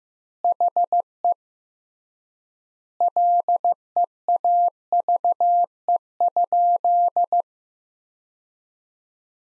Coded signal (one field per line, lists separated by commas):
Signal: Morse code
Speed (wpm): 15 wpm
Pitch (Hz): 700 Hz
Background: none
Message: HE LEAVE?